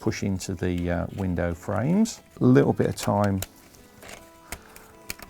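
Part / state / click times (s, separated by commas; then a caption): plastic window glazing into a model railway body's window frames / seated / 5.1 s. Someone talks while clear plastic window glazing is wiggled and pushed into the window frames of a model railway kit body. After the talking stops, faint handling ticks follow, then a sharp click at 5.1 s as the glazing snaps into place, fully home in its frame.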